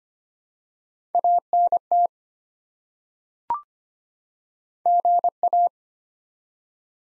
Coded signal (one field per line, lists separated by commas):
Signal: Morse code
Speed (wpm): 25 wpm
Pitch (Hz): 700 Hz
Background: none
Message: ANT GA